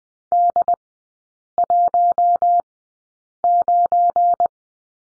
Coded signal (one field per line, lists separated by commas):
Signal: Morse code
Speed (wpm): 20 wpm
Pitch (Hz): 700 Hz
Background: none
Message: D19